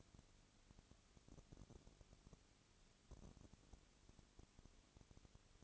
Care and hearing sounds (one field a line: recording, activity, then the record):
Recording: daily activity, microphone in the room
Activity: no activity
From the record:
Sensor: 4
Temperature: 22.3 degrees Celsius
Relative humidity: 32.7%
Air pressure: 1001.9 hPa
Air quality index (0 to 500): 186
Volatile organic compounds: 4 ppm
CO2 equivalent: 1644 ppm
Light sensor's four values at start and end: 2/3/1/1 and 2/3/1/1